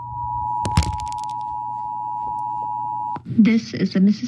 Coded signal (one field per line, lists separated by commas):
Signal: Emergency Alert System (SAME) tones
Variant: 853 and 960 Hz attention tone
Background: speech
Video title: (So close to #100 EAS) (EAS #91-99 with a EAS fail) MEMA Required monthly tests from 1/3/2022